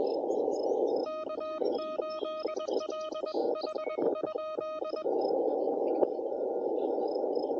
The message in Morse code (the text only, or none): K8LH?